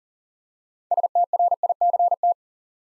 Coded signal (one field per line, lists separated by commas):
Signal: Morse code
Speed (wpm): 40 wpm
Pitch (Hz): 700 Hz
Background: none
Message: STRICT